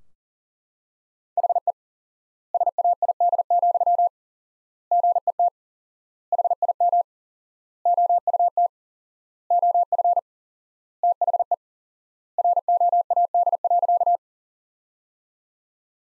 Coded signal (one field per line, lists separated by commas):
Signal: Morse code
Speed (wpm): 37 wpm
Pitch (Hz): 700 Hz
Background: none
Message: HE SAID, GET HIM OUT OF THE ROAD.